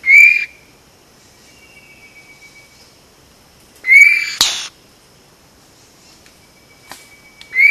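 Vogelkop bowerbird giving loud, upslurred ringing notes repeated several seconds apart, with a sharp crack-like sound after the second note and faint thin whistles between calls.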